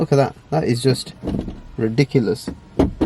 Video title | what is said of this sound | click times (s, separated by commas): Audi A7 C8 - The Good & The Not So Good | what I have to say is when you close it, it's got a real satisfying click, which I think is pretty | 2.8 s